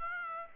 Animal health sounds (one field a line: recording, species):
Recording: mosquito wingbeat signal from an infrared sensor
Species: Aedes aegypti